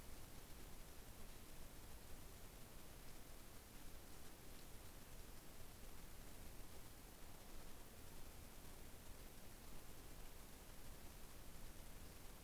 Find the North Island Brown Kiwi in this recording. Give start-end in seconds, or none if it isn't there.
none